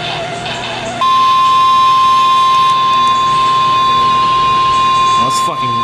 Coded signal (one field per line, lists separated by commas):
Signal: Emergency Alert System (SAME) tones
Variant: 1050 Hz attention tone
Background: speech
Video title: PURE MAYHEM 3.... | EAS Alerts from 6/26/24 | EAS#694-755